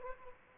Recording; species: mosquito wingbeat signal from an infrared sensor; Aedes aegypti